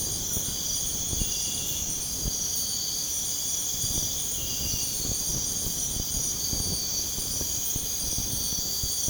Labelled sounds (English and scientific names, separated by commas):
none